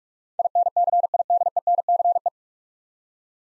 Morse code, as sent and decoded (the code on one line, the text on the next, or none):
.. -. -.-. .. -.. . -. -.-. .
INCIDENCE